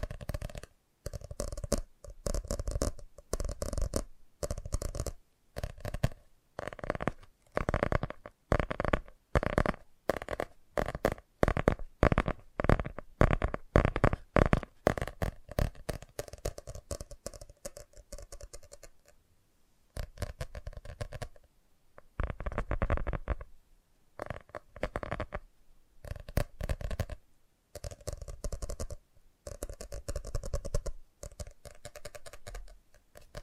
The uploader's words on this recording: FAST TAPPING (No Talking).